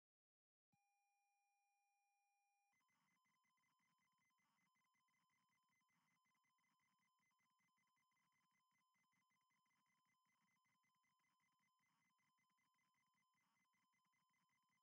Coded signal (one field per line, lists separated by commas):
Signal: ZX Spectrum tape loading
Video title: PLATOTerm ZX - RS232 version loading from tape, with new Loader Screen!